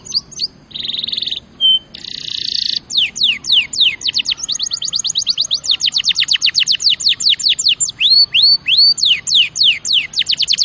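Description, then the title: Canary singing a continuous varied song with short buzzy phrases early on, then long runs of fast, sharply descending whistled notes repeated several times per second. Champion canary song used as a master recording for training other birds. "Masteran Kenari Juara"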